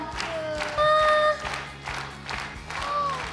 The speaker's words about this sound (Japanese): 皆さん手拍子をよろしくお願いします。